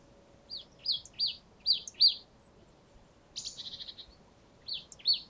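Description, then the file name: Marsh tit calls: scattered high, sharp downslurred chip notes, some paired, with a short buzzy rattle midway through. "Poecile palustris"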